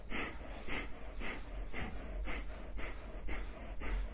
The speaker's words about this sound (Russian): 2 минуты дышим, поехали.